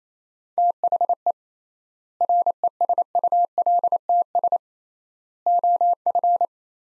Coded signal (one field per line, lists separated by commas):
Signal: Morse code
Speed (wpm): 28 wpm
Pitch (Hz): 700 Hz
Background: none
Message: THE RESULTS OF